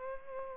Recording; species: mosquito wingbeat signal from an infrared sensor; Culex pipiens